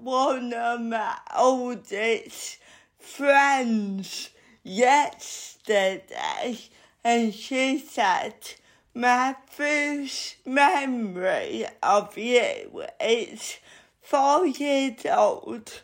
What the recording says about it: I've had cerebral palsy all my life, which means as far as I can remember. I have a disability called cerebral palsy, which means I talk slowly.